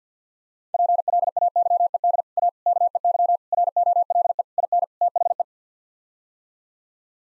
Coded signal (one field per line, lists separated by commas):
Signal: Morse code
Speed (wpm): 49 wpm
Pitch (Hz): 700 Hz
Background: none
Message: PLAYED A KEY ROLE IN THE